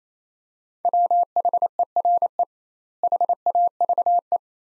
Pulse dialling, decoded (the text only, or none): none